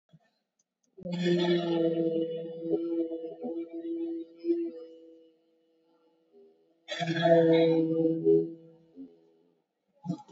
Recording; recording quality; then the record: sustained vowel as in made; excellent, no background noise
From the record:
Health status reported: COVID-19 positive, moderate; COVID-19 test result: positive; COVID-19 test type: RT-PCR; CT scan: not taken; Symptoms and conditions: cough, cold, breathing difficulty, sore throat, fever, fatigue, muscle pain, loss of smell and taste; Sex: female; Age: 46 years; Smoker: no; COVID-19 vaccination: both doses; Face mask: worn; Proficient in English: yes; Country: India